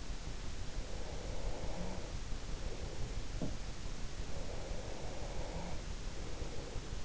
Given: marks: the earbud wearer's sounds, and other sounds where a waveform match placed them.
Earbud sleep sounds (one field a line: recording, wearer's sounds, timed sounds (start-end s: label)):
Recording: sounds in sleep by an in-ear microphone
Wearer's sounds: breath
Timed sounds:
0.74-3.20 s: breath
4.23-7.05 s: breath